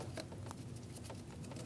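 A headlight or foglight wiring connector is picked up and lined up with its socket behind the front bumper of a 2016–2025 Chevrolet Malibu 1.5L L4, during replacement of the AC condenser and receiver drier assembly. Soft handling taps and rustles sound at about 0.2, 0.5, 0.8 and 1.7 seconds over a low background hum. Nothing has been pushed home or clicked yet.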